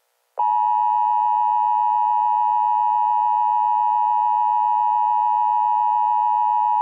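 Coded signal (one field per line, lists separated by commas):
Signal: Emergency Alert System (SAME) tones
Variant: 853 and 960 Hz attention tone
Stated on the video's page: Fictional EAS scenario; voice made with text-to-speech software (Balabolka, SAPI5 Tom).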